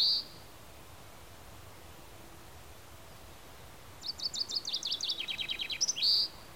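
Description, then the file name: Common chaffinch: a short high note at the start, then after a pause a full song phrase of quick chips descending in steps to an ending flourish. "Fringilla coelebs"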